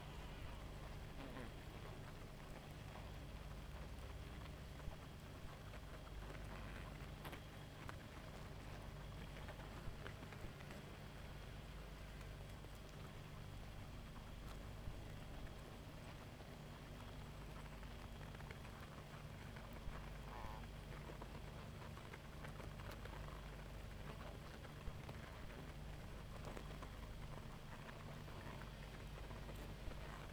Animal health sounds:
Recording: honeybee colony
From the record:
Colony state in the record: active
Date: 28 July 2017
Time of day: 0:18

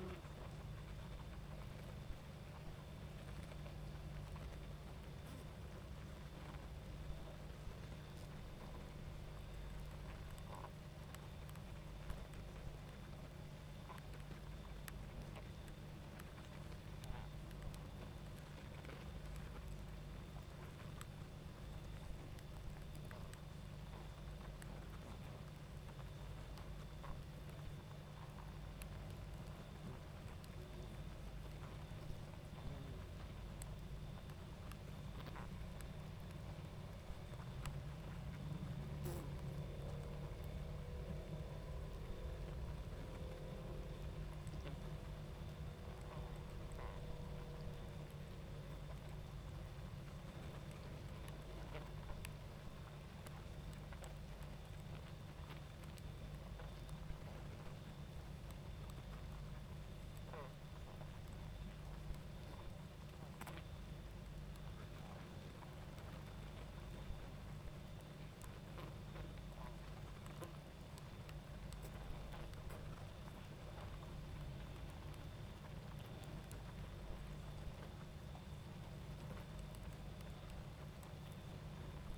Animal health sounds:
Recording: honeybee colony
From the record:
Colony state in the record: active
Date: 28 July 2017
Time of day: 22:13

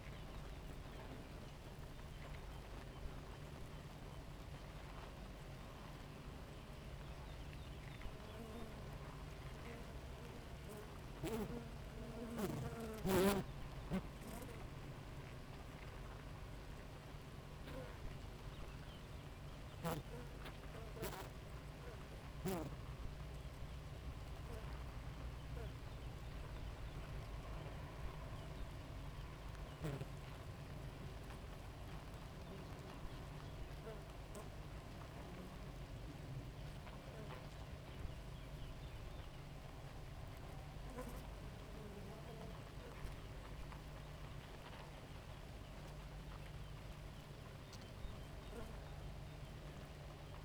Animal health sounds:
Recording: honeybee colony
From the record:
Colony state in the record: active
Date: 28 July 2017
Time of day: 4:07

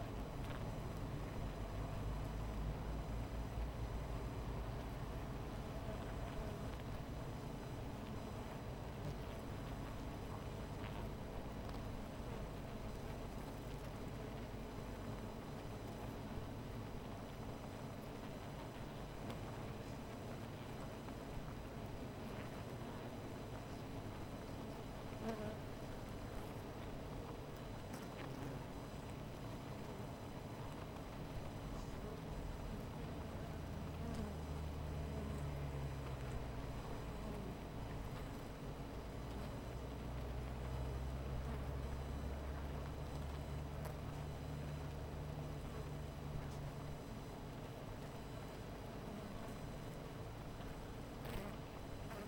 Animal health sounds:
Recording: honeybee colony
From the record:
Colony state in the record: missing queen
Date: 14 July 2017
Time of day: 17:18

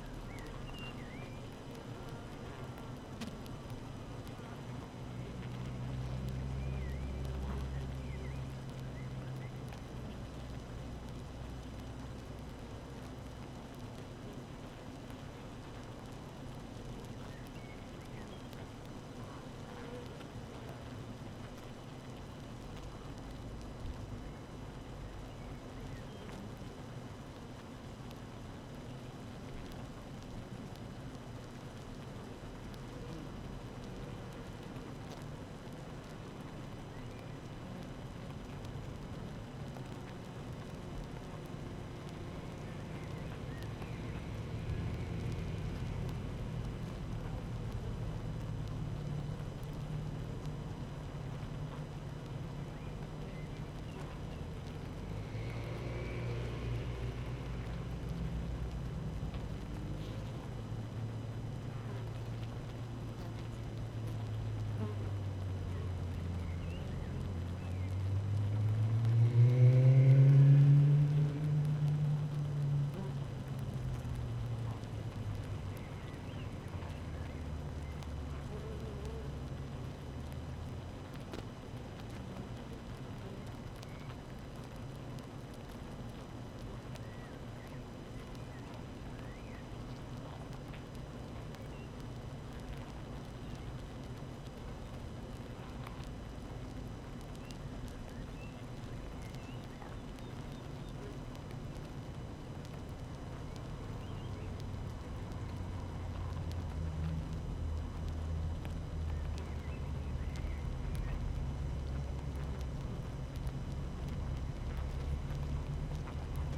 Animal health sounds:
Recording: honeybee colony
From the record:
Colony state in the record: active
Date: 12 June 2018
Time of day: 7:14

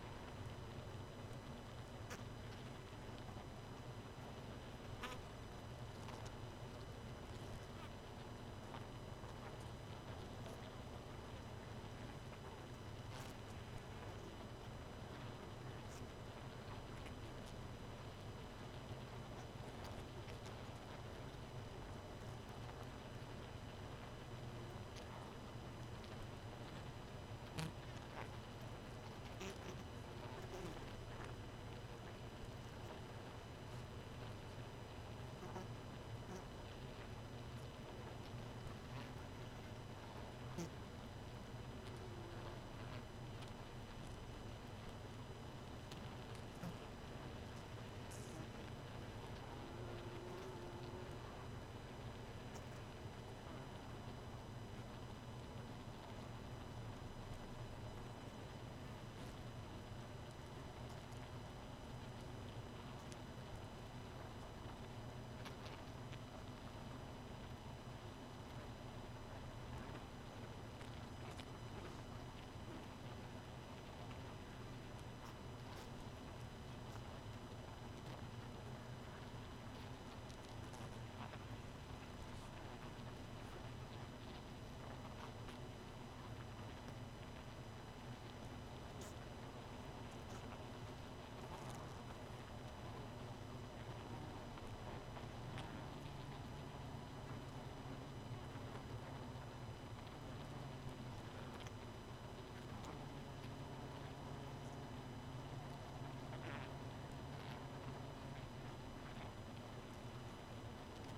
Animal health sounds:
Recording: honeybee colony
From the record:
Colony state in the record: missing queen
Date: 31 May 2018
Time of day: 2:18

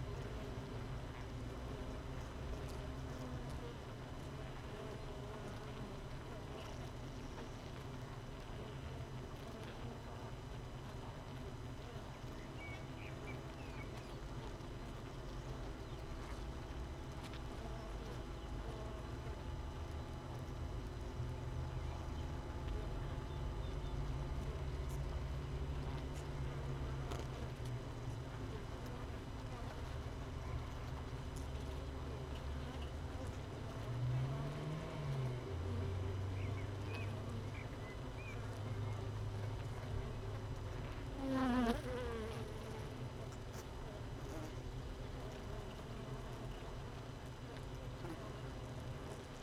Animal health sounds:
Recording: honeybee colony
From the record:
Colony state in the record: missing queen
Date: 31 May 2018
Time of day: 6:51

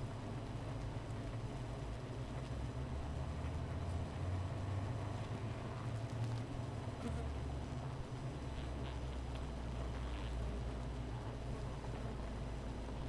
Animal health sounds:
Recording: honeybee colony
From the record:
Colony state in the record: missing queen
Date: 14 July 2017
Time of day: 16:11

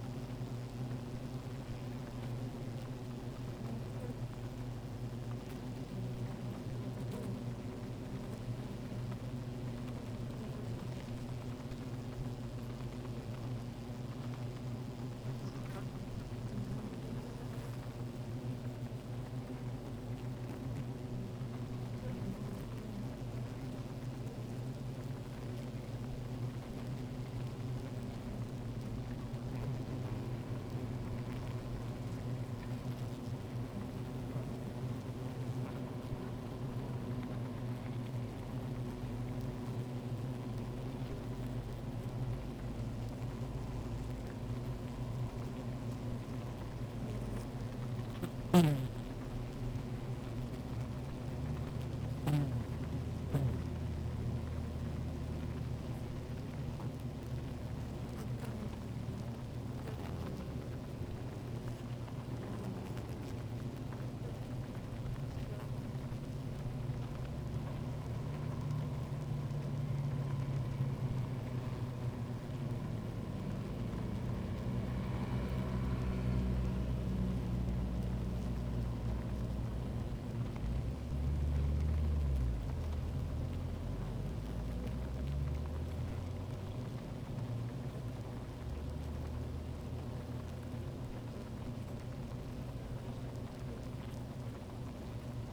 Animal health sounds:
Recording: honeybee colony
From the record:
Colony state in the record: active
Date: 28 July 2017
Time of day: 16:15

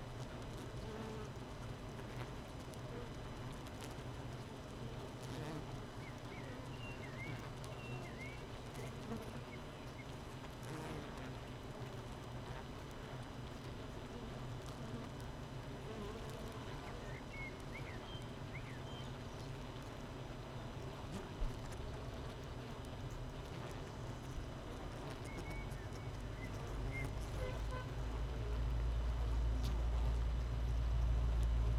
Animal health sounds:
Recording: honeybee colony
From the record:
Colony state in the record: missing queen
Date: 31 May 2018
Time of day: 7:37

